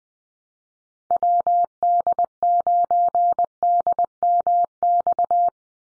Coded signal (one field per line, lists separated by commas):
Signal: Morse code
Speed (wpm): 20 wpm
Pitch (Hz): 700 Hz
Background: none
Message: WD9DMX